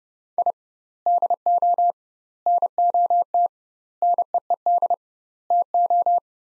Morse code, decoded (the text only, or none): I DO NOT NEED TO